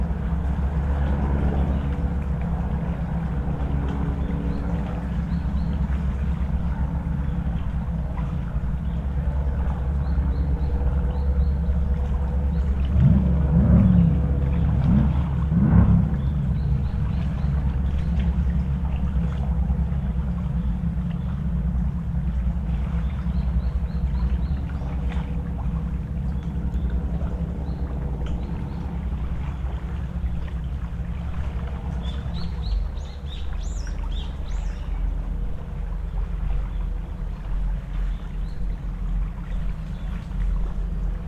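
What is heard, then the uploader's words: From a lakeshore, a steady low engine drone runs through the whole recording, most likely a fishing boat with a small airplane overhead, thick in the deep rumble. Brief louder whines rise around the fifteen-second mark, and small waves lap faintly underneath. Small airplane and fishing boat recorded from the shore of Lake Biwa along Shiga Route 25 in Okishima-cho, Omihachiman City, Shiga Prefecture, Japan. We can hear small waves along the nearby shore, but internal combustion engines dominate this otherwise quiet environment.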